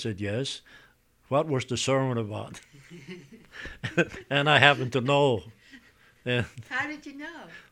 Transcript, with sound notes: I said, "Yes." "What was the sermon about?" ( they laugh ) And I happened to know.
How did you know?